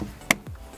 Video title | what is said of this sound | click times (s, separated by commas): HOW TO REPLACE REAR WINDOW REGULATOR ON FORD FIESTA MK7 | we're going to get a new regulator push it in place until you hear three clicks from Rocky | 0.3 s, 0.5 s